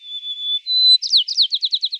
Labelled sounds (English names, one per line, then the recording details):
White-crowned Sparrow song
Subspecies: nuttalli
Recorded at Battery East, California, in 2013
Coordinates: 37.807, -122.473
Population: north
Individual beB_13